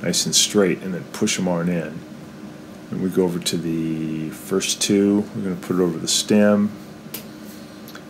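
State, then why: Seated. On a Frigidaire gas stove being repaired because a burner won't light, a plastic spark ignition switch is placed over a gas valve stem and pushed until it snaps into position. Someone talks through most of the clip, then a sharp click is heard at about 7.2 s as the switch seats onto the stem.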